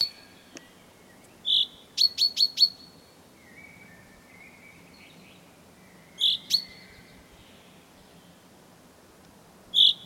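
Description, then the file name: Common chaffinch calls: scattered short, sharp high notes, including a quick run of four clicks, over a quiet background. "Fringilla coelebs"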